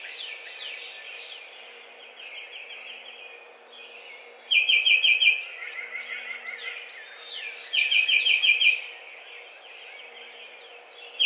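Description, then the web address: Tufted titmouse repeats fast whistled peter phrases, two full bursts and the start of a third, among thin downslurred notes and a softer twittering series. Recorded on 7 April 2009. "Tufted Titmouse 2009 04 07"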